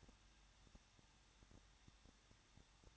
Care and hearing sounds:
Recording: daily activity, microphone in the room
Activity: no activity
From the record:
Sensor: 3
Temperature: 21.2 degrees Celsius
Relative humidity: 36.3%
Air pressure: 1006.3 hPa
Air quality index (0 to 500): 222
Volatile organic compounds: 41 ppm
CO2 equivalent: 3164 ppm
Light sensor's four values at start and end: 2/3/2/2 and 2/3/2/2

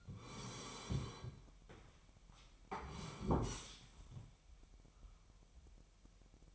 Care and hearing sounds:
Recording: daily activity, microphone in the room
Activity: sit down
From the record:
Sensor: 1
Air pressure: 998.6 hPa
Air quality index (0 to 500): 118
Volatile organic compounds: 3 ppm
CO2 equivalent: 1412 ppm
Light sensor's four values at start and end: 8/19/8/9 and 8/19/8/9

